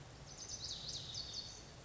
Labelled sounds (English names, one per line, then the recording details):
Lazuli Bunting
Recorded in Sonoma County, California